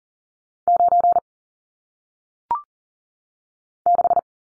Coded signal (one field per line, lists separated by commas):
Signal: Morse code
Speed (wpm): 40 wpm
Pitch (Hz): 700 Hz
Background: none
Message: 9 6